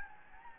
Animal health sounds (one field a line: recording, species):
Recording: mosquito wingbeat signal from an infrared sensor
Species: Anopheles gambiae